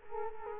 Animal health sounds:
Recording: mosquito wingbeat signal from an infrared sensor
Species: Culex quinquefasciatus

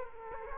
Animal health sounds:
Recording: mosquito wingbeat signal from an infrared sensor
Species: Culex quinquefasciatus

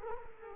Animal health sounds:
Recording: mosquito wingbeat signal from an infrared sensor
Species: Culex quinquefasciatus

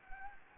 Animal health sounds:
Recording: mosquito wingbeat signal from an infrared sensor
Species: Anopheles gambiae

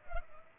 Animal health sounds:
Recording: mosquito wingbeat signal from an infrared sensor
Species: Culex pipiens

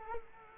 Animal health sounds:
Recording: mosquito wingbeat signal from an infrared sensor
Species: Culex quinquefasciatus

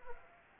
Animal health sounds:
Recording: mosquito wingbeat signal from an infrared sensor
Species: Anopheles arabiensis

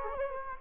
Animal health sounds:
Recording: mosquito wingbeat signal from an infrared sensor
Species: Culex quinquefasciatus

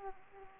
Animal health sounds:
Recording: mosquito wingbeat signal from an infrared sensor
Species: Aedes aegypti

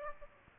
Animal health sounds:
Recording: mosquito wingbeat signal from an infrared sensor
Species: Aedes aegypti

